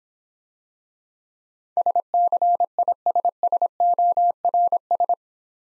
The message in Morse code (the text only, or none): SCISSORS